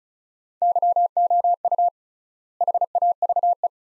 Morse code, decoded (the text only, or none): YOU HAVE